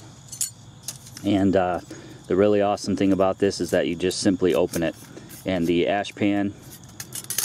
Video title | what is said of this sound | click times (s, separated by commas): Bushcraft Essentials Bushbox XL Stove Review | so that's great you get the two trivets that click right in here to the sides | 0.9 s